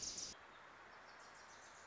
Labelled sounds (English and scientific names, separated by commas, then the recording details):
Wilson's Warbler (Cardellina pusilla)
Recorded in Sonoma County, California